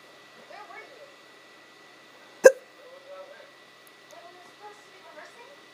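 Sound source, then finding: Adult. Hiccup.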